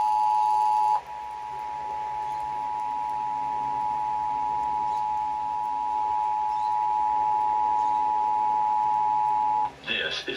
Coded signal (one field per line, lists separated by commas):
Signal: Emergency Alert System (SAME) tones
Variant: 853 and 960 Hz attention tone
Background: speech